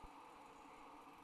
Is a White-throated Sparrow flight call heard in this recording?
no